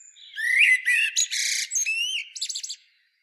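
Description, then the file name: Common blackbird song, opening with mellow whistled notes that give way to buzzy, scratchy twitters and a quick series of high squeaky notes. "Turdus merula"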